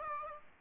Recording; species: mosquito wingbeat signal from an infrared sensor; Aedes aegypti